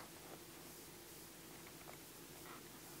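A folding privacy curtain door is handled in the doorway of a 2000 Four Winds Windsport 35D RV with hardwood floors as it is closed toward its latch. A steady broadband hiss with faint rustling runs throughout, with no distinct click. The latch has not yet caught or locked in place.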